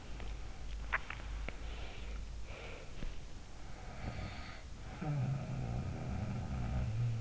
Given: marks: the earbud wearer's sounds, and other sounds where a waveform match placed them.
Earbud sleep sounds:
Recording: sounds in sleep by an in-ear microphone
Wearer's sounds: swallowing, breath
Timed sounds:
0.71-1.71 s: swallowing
1.31-3.08 s: breath
3.62-7.21 s: sound from someone else or the room

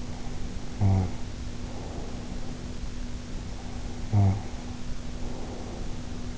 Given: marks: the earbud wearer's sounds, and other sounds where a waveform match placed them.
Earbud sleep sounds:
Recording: sounds in sleep by an in-ear microphone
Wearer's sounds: snoring breath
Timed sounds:
0.00-3.03 s: snoring breath
3.46-6.28 s: snoring breath

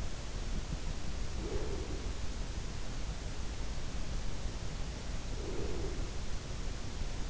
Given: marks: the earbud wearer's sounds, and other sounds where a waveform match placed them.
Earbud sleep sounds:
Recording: sounds in sleep by an in-ear microphone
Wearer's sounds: breath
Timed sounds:
1.34-2.08 s: breath
5.38-6.28 s: breath

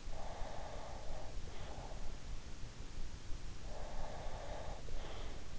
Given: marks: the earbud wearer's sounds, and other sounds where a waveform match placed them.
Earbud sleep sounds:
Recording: sounds in sleep by an in-ear microphone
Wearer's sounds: breath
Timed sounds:
0.00-2.09 s: breath
3.70-5.34 s: breath

